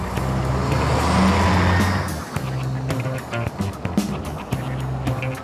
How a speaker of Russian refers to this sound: Автобус едет через лес.